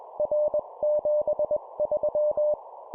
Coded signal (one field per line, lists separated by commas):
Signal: Morse code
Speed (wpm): 21 wpm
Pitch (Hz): 600 Hz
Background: none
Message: R73